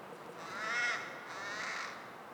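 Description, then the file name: Carrion crow calls: two harsh, hoarse caws, the first louder, over a steady background hiss. "Corvus corone"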